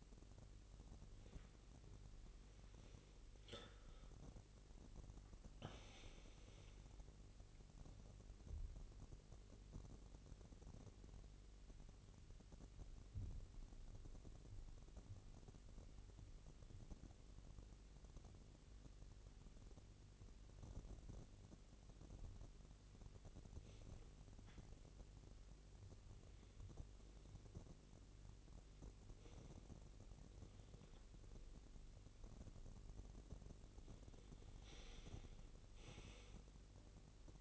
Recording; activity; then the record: daily activity, microphone in the room; make coffee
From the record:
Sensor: 4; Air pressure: 1008.2 hPa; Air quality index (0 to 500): 109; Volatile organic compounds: 1 ppm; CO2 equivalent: 805 ppm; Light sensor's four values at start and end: 11/25/10/10 and 11/24/10/10